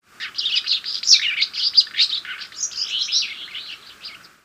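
Bird chirping in a dense, continuous stream of quick twittering and warbled notes, fading toward the end.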